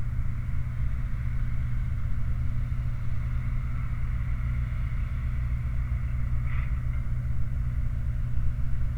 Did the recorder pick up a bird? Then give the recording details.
no. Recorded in the Prudhoe Bay oil fields, Alaska, on 29 July 2019 at 04:39. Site 29